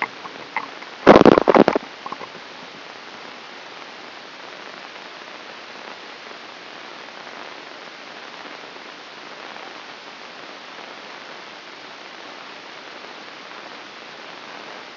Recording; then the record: brain microelectrode recording played as sound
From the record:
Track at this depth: inside the subthalamic nucleus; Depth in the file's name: 2.149 mm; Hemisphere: right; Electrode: 2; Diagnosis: Parkinson's disease